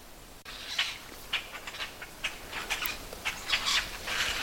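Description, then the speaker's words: Grackles trading quick squeaky, creaking chatter, several short bursts overlapping throughout. Fall; grackles gathering in social flocks; they nest throughout the woods, usually near wetlands. "These are the conversational sounds of grackles."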